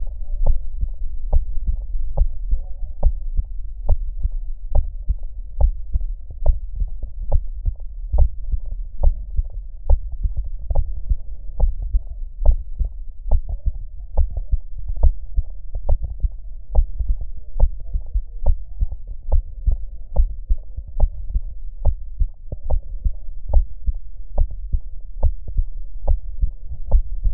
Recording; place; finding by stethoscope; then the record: heart sounds by stethoscope; mitral valve (MV); metallic prosthetic valve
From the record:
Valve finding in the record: normal valve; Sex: male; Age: 34 years